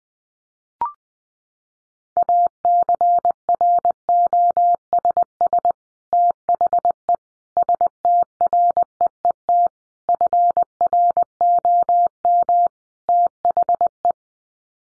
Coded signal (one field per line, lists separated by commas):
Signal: Morse code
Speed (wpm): 20 wpm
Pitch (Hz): 700 Hz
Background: none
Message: ACROSS THE STREET FROM THE